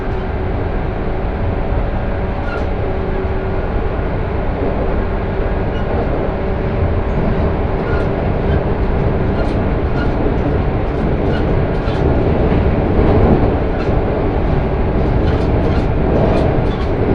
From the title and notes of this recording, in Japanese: 耳で楽しむ鉄道旅 山陽本線 倉敷→福山。この車両は播州赤穂発福山行きで昨日朝に乗った車両と同じでした。115系らしいモーターの唸りを響かせながら福山に着きます。